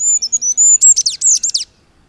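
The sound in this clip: Goldcrest singing very high, thin alternating notes that run into a brief, rapid twittered ending.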